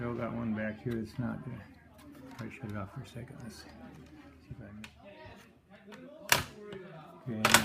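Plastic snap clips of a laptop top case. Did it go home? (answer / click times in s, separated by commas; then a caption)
released / 6.3 s, 7.4 s, 7.5 s. Someone talks while the plastic top case of an HP 17-s143cl laptop is pried apart. Its plastic snap clips crack loose in sharp snaps at 6.3, 7.5 and 7.5 seconds, releasing the case.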